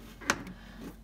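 An inline circular Autosport-type motorsport connector on a race car engine harness is lined up by its keyways and pushed into its mating connector. A single sharp click at 0.3 s stands out over a quiet background hum. The connector is seated.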